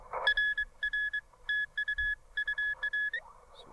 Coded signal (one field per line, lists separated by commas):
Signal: Morse code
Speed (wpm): 23 wpm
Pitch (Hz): 1700 Hz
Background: none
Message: R R TU UA